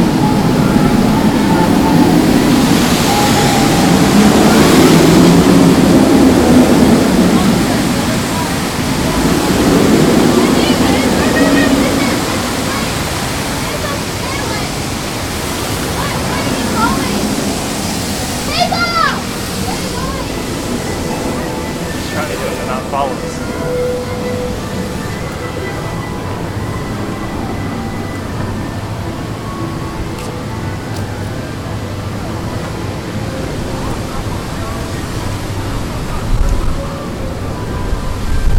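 A busy theme park crowd fills the air with a dense, steady wash of voices and rushing noise. Two louder swells of chatter peak around five and ten seconds. A few brief squeals or shouts cut through near nineteen seconds, and a low rumble runs underneath.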